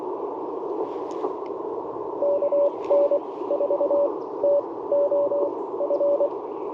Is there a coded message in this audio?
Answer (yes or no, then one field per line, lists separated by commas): yes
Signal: Morse code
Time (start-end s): 2.2-6.3 s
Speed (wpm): 21 wpm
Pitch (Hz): 600 Hz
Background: radio noise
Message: KN4TOF